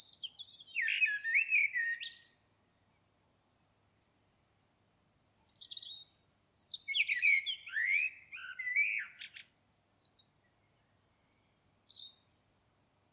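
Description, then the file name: Common blackbird song: two warbled phrases of low fluty whistles mixed with high squeaky twitters, then a short burst of high notes, separated by pauses. "Turdus merula"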